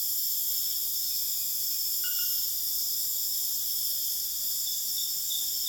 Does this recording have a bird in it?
no